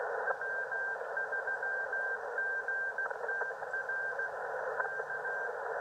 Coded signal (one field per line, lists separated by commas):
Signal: Morse code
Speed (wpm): 16 wpm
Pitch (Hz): 1600 Hz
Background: radio noise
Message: W3GTR K